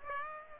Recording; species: mosquito wingbeat signal from an infrared sensor; Aedes aegypti